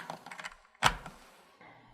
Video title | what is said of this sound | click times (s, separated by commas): SI Analytics TitroLine 7000 Potansiyometrik Titrator | and then you can take your valve cover and just snap it on top | 0.9 s